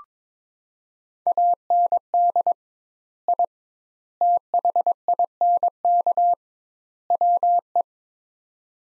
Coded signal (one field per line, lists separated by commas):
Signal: Morse code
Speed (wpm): 22 wpm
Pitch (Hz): 700 Hz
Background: none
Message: AND I THINK WE